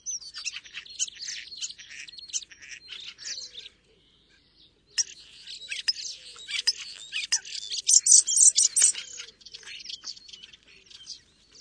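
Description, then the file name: Common starling song: a dense, rapid medley of clicks, rattles, buzzy notes and short squeaky whistles, pausing briefly near the middle before resuming louder and more crowded. "spacek obecny"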